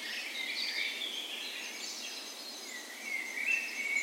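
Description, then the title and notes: Birds singing in a soft dawn chorus, blended high twittering with a clearer whistled phrase near the end. Dawn chorus on the morning of 17 May, Norway's National Day, in a park west in Bergen, Norway, in spring; Sony PCM A10 recorder with LOM micro Usi mics as tree ears. "17th Of May Dawn Chorus. Recorded on the morning of Norways National Day the 17th of May in a park west in Bergen. Spring is in full effect, and the dawn chorus sounds wonderful!"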